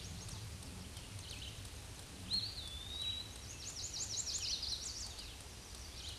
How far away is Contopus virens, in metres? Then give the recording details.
about 30 m. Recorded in a Pennsylvania forest on 18 May 2023 at 06:42. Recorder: AudioMoth, point grid1_35_low. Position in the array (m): 166 m, 172 m